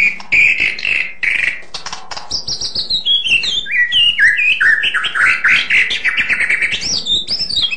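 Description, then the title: White-rumped shama song: rich, varied whistled phrases with sweeping slides and rapid chattering notes, continuous and loud throughout. Full variation song. "mster Mnuk. KICAUAN MURAI BATU FULL VARIASI"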